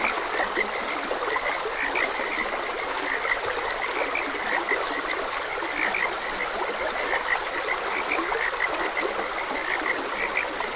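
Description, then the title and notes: Frog chorus with quick chirpy croaks scattered throughout, set against the constant hiss of flowing water. Frogs croaking beside a gentle stream. "Gentle Stream and Frogs Croaking. Sleep and Relaxation Podcast"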